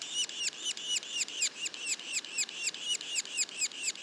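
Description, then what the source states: Yellow-bellied sapsucker giving a quick string of squeaky, arched calls, steady and insistent. Juveniles, recorded in Mont-Orford National Park, Quebec.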